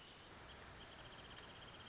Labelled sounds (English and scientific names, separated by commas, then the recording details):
Wrentit (Chamaea fasciata)
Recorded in Sonoma County, California